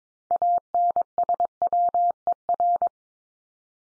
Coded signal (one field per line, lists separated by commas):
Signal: Morse code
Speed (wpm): 22 wpm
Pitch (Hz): 700 Hz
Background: none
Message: ANSWER